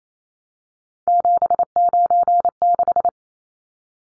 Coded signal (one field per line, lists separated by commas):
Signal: Morse code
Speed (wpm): 28 wpm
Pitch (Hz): 700 Hz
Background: none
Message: 796